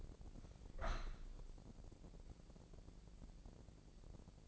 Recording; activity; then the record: daily activity, microphone in the room; open window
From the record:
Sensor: 5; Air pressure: 1012.5 hPa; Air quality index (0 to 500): 160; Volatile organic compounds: 2 ppm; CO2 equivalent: 1086 ppm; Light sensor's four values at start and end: 69/167/68/73 and 69/167/68/73